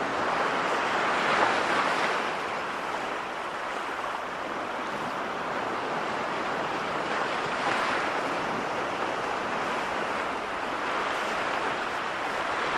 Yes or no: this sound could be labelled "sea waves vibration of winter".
yes